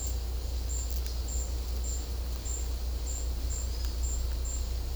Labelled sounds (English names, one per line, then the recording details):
none
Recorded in secondary vegetation near Puerto Asís, Putumayo, Colombia, on 16 December 2024 at 13:00
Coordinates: 0.500, -76.326
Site G065